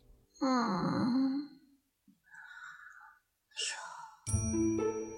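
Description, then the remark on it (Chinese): A chubby sleeping child's grunt as it rolls out of the bedding, snoring lightly: a drawn-out, wavering murmur about a second long, followed by softer breathy rustles and a bright tinkling tone at the end. “天尊听到一声哼哼，凑过去一看，就见被褥里滚出来了一个胖乎乎的娃娃，打着小呼噜，睡得还挺熟”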